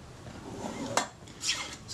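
After the shutter release is realigned with its hole, the metal top cover of a Kodak Retina IIa is pressed down onto the camera body, because it had not been seated correctly. A sharp metallic contact at 1.0 s marks the cover seating down, followed by a softer scraping rustle around 1.3–1.6 s.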